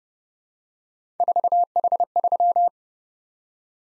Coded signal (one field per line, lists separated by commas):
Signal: Morse code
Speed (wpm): 30 wpm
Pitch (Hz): 700 Hz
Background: none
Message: 4H3